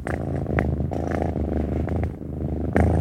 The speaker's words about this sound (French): Le chat violet n'était pas plus tôt sur le bureau qu'il se reprit à ronronner.